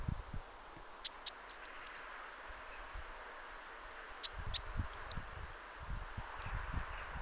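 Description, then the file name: Eurasian blue tit gives two short high phrases, sharp notes then descending hooks, about three seconds apart, with low thudding rumble underneath. "Cyanistes caeruleus"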